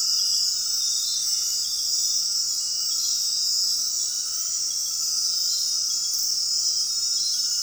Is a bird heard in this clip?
no